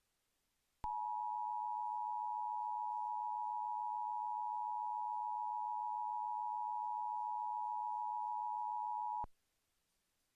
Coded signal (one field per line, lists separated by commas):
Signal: Emergency Alert System (SAME) tones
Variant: 853 and 960 Hz attention tone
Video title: EAS #50 Pt. 2 - Dec 2023 Required Monthly Test